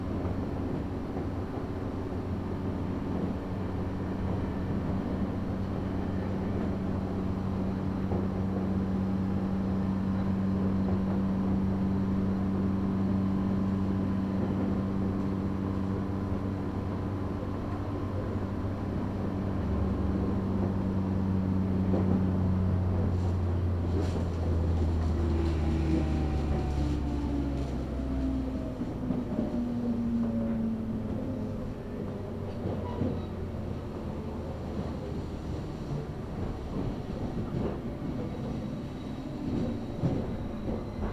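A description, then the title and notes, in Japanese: A train runs along the Kagoshima and Chikuho Main Lines, with a constant heavy rumble throughout. Low motor hums hold steady, then around 25 seconds sharp clicks of wheels over joints appear and the whining tones glide downward before settling. 鹿児島本線・筑豊本線 九州工大前→折尾→本城。北九州市内の工業地帯を行くので貨物用の側線が多く並んでいて。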